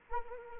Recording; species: mosquito wingbeat signal from an infrared sensor; Anopheles arabiensis